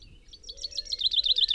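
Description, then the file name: Common chaffinch song: a rapid series of bright, high notes that grow louder toward the end. "Fringilla coelebs"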